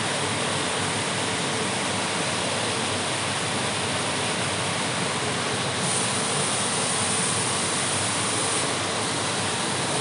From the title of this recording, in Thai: น้ำตกในลานเอนกประสงค์